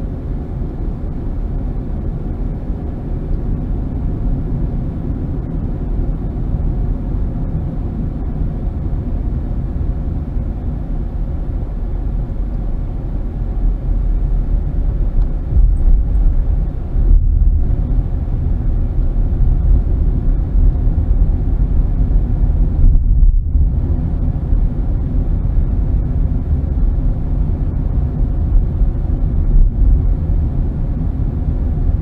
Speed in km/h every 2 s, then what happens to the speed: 45, 44, 45, 44, 37, 27, 26, 26, 29, 32, 35, 35, 35, 35, 35, 35.
0-7 steady at about 44. 7-11 brakes to 26. 14-20 speeds up to 35. 20-32 steady at about 35.